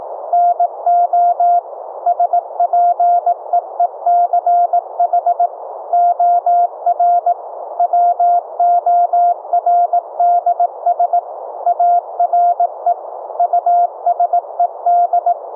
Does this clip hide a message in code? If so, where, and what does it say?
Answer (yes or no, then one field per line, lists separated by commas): yes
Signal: Morse code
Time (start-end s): 0.3-15.3 s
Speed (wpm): 19 wpm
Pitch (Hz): 700 Hz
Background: none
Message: NO SPEECH OR WORDS ARE USED